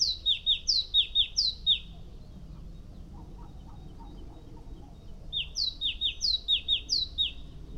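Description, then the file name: Great tit song, repeated high two-part whistled phrases in two bursts separated by a quiet gap. "Great Tit Parus major"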